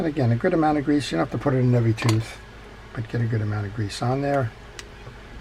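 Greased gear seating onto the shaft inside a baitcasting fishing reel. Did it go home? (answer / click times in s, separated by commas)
yes / 4.8 s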